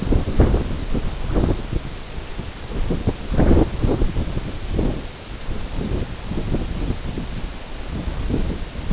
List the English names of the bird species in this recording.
none